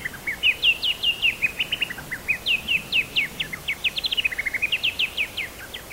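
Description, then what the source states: Black-throated honeyeater delivering a continuous run of quick, high, slurred notes rising and falling in pitch, over steady low background noise. Papua New Guinea.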